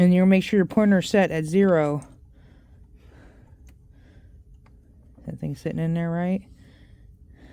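A torque angle gauge is being fitted onto the wrench on the crankshaft center bolt during a BMW N62 front crankshaft seal replacement, with someone talking at the start and again near the end. Between the talk there are a few faint short taps and handling noises. Nothing has seated or clicked yet.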